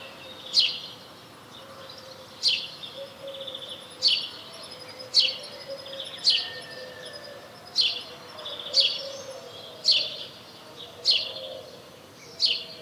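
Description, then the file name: House sparrow chirps, bright sharp notes repeated about every one to two seconds, steady over a quiet low background. "Passer domesticus"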